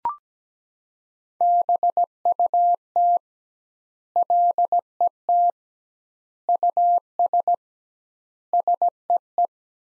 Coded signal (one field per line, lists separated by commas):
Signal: Morse code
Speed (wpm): 17 wpm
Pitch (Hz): 700 Hz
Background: none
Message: BUT LET US SEE